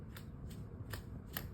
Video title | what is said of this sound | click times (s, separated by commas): How to put on and remove prosthetic legs independently | and hearing all those lets me know that I am securely in the socket | 0.2 s, 0.5 s, 0.9 s, 1.4 s